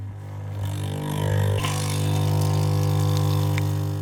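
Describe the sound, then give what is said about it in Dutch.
A car engine runs steadily at about 4 a.m. as the car heads to the fish auction in Den Oever, a deep, even hum with a layered low drone throughout. A short clunk and some light rattling sound over it partway through, and no one speaks. “En ik stap nu in de auto naar de visafslag in Den Oever.”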